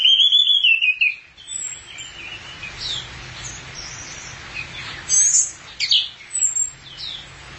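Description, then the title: Thrush song: an opening loud descending whistled phrase, then quieter scattered high chirps and brief notes. "burung anis x"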